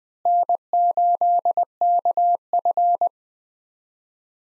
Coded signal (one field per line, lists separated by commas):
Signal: Morse code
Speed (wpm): 20 wpm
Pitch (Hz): 700 Hz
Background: none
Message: N8KF